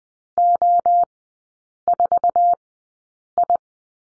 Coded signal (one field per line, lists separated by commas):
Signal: Morse code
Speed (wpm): 20 wpm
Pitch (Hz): 700 Hz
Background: none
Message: O4I